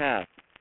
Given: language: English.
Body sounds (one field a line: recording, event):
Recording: throat vibration sensor signal played as sound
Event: speech